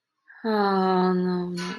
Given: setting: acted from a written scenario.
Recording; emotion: vocal sound without words; shame